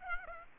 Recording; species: mosquito wingbeat signal from an infrared sensor; Aedes aegypti